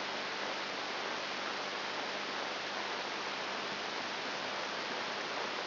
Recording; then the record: brain microelectrode recording played as sound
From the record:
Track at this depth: outside the subthalamic nucleus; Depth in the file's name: 0.308 mm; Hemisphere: left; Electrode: 3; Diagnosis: Parkinson's disease